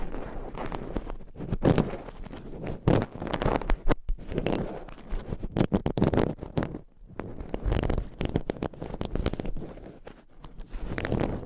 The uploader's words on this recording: Binaural Mic Scratching , Massage & Tapping. No Talking for Sleep with Long Nails.